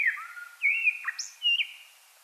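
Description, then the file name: Common blackbird song fragments: slurred fluty whistles and a short high squeaky note, fading into quiet at the end. "Turdus merula"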